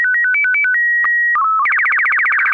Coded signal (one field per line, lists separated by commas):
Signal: SSTV (slow-scan television)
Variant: Robot BW 8